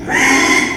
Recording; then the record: squeal of a Yucatan mini pig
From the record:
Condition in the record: after surgery on the right vocal fold (resection and tissue-engineered implant); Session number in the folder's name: 3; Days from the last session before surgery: 33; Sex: male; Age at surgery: 12 weeks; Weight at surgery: 13 kg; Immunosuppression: cyclosporine, prednisolone